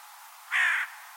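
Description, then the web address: Bird giving one flat, buzzy caw lasting about a third of a second amid faint hiss. "cianscape birddata Deverinetal 2025 File origin Bird Only Co Co Co Co"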